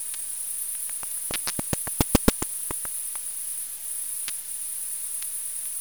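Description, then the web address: Bat echolocation pulses rendered as sharp dry clicks, speeding into a rapid run midway then thinning out, over a constant high electronic hiss. Captured with a bat detector on 15 August 2018. "Bat Explorer recordings 15-08-2018"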